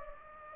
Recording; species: mosquito wingbeat signal from an infrared sensor; Anopheles gambiae